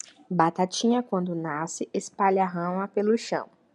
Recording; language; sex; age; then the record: short text; Brazilian Portuguese; female; 20 to 29 years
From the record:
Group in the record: control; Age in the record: 24 years